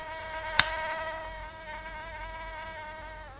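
insect, mosquito buzzing

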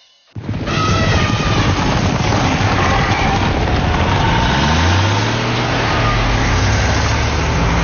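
vehicle, truck engine running

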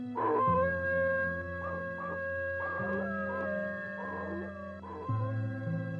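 animal, dogs howling mournfully

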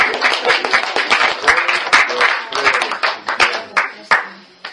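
crowd, audience applause

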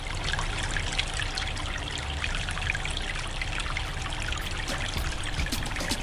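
nature, river water trickling

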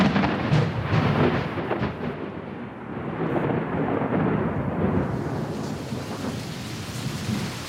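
nature, rain with thunder

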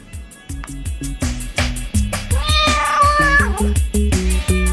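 animal, cat meowing softly

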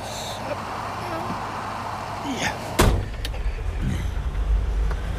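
vehicle, getting into a car

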